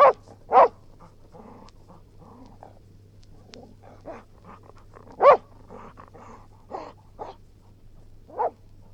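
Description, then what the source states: English springer spaniel with a few sharp barks spaced irregularly, separated by quieter panting and soft whining noises, over a constant low hum. Springer spaniel barking, growling and panting.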